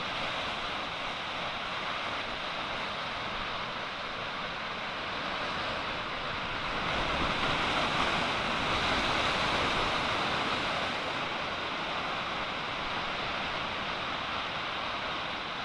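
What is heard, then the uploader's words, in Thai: Sea waves wash onto the shore at Koh Lanta, Krabi, in a steady, dense hiss with no distinct breaking crashes. The surf swells a little louder from about seven to eleven seconds, then settles back. A soft low rumble of wind sits underneath. เสียงทะเล เกาะลันตา กระบี่.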